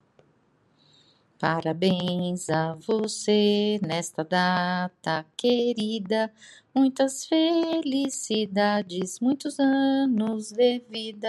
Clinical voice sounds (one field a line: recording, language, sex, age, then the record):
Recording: short text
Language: Brazilian Portuguese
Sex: female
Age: 60 to 69 years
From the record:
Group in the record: control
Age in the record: 62 years